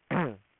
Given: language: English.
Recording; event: throat vibration sensor signal played as sound; throat clearing